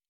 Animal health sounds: hydrophone in a shrimp aquaculture tank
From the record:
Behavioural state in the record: normal

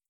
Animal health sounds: hydrophone in a shrimp aquaculture tank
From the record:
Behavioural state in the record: feeding

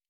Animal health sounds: hydrophone in a shrimp aquaculture tank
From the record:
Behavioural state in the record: normal

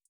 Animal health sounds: hydrophone in a shrimp aquaculture tank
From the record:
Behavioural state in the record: feeding

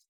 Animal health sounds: hydrophone in a shrimp aquaculture tank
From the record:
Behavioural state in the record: feeding

